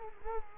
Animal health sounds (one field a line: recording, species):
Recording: mosquito wingbeat signal from an infrared sensor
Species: Culex quinquefasciatus